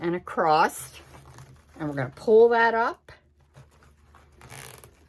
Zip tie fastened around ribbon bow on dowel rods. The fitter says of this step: And you can hear that click.